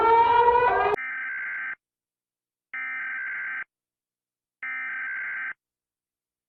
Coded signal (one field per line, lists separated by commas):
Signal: Emergency Alert System (SAME) tones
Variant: header bursts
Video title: Rating EAS alarms. *LOUD SOUNDS!!!*